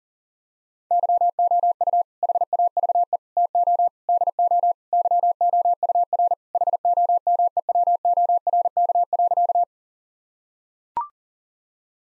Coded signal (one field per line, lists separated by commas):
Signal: Morse code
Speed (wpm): 40 wpm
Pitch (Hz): 700 Hz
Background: none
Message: YOU HAVE TO DO YOUR HOMEWORK.